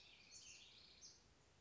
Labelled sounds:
House Wren
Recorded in Sonoma County, California

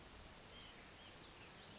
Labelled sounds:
White-breasted Nuthatch
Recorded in Sonoma County, California

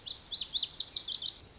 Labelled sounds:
Lazuli Bunting
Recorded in Sonoma County, California

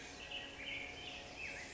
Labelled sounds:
Black-headed Grosbeak
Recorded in Sonoma County, California

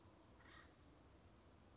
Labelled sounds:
Acorn Woodpecker
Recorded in Sonoma County, California

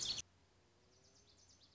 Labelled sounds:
Lazuli Bunting
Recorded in Sonoma County, California

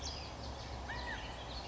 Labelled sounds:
California Quail
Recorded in Sonoma County, California

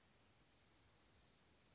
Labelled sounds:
Western Flycatcher
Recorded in Sonoma County, California

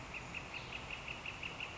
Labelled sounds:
Northern Flicker
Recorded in Sonoma County, California

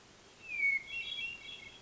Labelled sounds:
Hermit Thrush
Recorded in Sonoma County, California

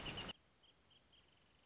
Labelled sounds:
Wrentit
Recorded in Sonoma County, California

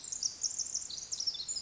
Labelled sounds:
Pacific Wren
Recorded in Sonoma County, California

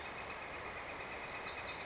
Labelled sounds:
Northern Flicker
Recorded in Sonoma County, California

